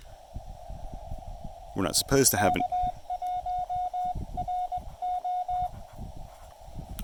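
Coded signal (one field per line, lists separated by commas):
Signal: Morse code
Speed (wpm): 21 wpm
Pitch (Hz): 720 Hz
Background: speech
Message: K1RO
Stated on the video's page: Morse from a QRP POTA activation using a Chameleon CHA LEFS antenna during horrible propagation.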